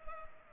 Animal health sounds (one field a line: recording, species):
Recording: mosquito wingbeat signal from an infrared sensor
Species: Culex pipiens